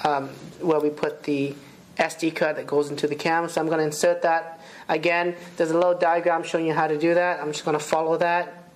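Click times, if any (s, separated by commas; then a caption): none. An SD memory card is handled at the combined battery and card slot of a Fujifilm Real 3D W1 compact 3D camera, lined up against a small diagram, while someone talks throughout. The card has not yet been pushed home, and nothing has seated or clicked by the end of the clip.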